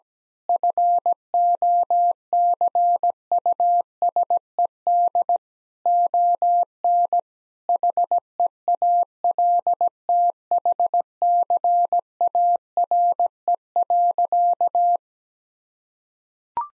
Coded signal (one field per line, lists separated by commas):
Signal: Morse code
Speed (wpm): 17 wpm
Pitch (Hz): 700 Hz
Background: none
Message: FOCUSED ON HEALTHCARE.